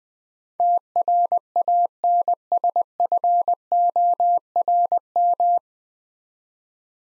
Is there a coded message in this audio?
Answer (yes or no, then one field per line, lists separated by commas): yes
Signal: Morse code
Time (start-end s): 0.6-5.6 s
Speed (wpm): 21 wpm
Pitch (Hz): 700 Hz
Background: none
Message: TRANSFORM